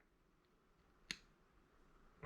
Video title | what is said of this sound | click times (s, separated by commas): DIY SOLAR POWERED LIFEPO4 BATTERY BANK - 320 WATT AMMO CAN, 4 FAST USB OUTPUT, MC4 USB TYPE C INPUTS | you heard that that locks that in lets me know it's kind of set in place really well right so | 1.1 s